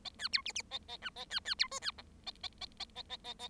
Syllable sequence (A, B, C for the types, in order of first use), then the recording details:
A B C D D A A E A B B C F B G A A A A A A A A. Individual Bird7